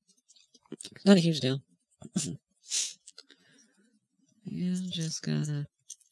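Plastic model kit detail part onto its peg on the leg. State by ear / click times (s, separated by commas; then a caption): seated / 5.9 s. A plastic armor detail piece on a 1/100 MG Avalanche Exia model kit by Daban is pushed onto its peg on the leg while someone talks. A short, sharp click at 5.9 s marks the piece seating into place.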